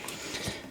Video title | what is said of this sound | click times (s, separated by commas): Mamiya ZE 35mm Film SLR Camera Body with Mamiya-Sekor E 50mm 1:2 Prime Lens | until it snaps in place | 0.1 s